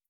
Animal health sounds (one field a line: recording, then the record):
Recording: hydrophone in a shrimp aquaculture tank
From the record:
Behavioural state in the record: feeding